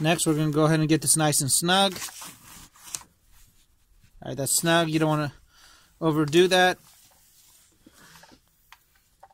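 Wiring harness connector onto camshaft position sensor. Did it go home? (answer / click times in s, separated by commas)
yes / 8.7 s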